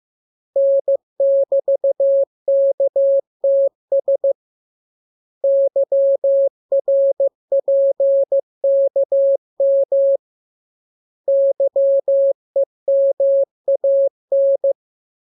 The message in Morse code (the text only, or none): N<BT>KTS YRPKM YEMAN